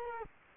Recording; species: mosquito wingbeat signal from an infrared sensor; Culex quinquefasciatus